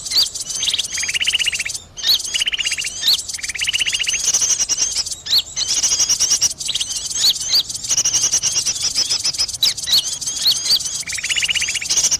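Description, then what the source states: Bird calls, several buzzy rattling trills in a row early on, then steady high twittering with short whistled upslurs. Indonesian bird lure call (pikat), titled 'a thousand birds'.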